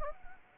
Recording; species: mosquito wingbeat signal from an infrared sensor; Anopheles gambiae